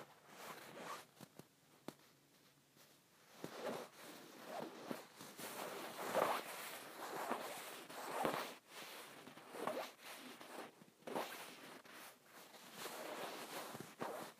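Fingers scratch across a pillow, making dry, rasping strokes in quick irregular bursts that swell and fade every second or so. The scratching is bright and papery, with short sharp clicks around two and eight seconds, and a faint steady hiss between strokes.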